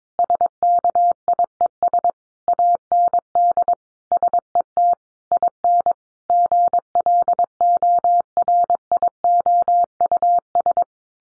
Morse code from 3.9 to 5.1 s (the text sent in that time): SET